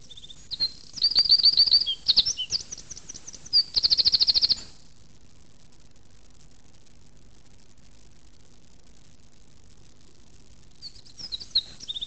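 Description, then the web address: Eurasian wren singing a rapid, high-pitched burst of trills and twittering notes for about five seconds, then quiet until short high notes resume near the end. "zvuky strizlik"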